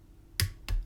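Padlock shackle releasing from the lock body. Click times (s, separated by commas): 0.4 s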